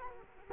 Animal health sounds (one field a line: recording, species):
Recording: mosquito wingbeat signal from an infrared sensor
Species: Culex quinquefasciatus